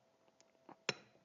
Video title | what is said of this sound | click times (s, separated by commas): Rough Country Control Arms Initial Review and Joint Install | we go okay were snapped into place so | 0.9 s